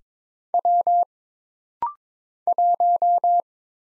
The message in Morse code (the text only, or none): W 1